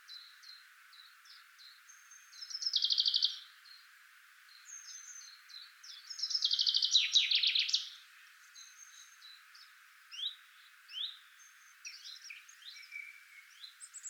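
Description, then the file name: Common chaffinch song, two bright descending trilled phrases, the second ending in a flourish, with other high chirps and whistles around them. "Fringilla coelebs"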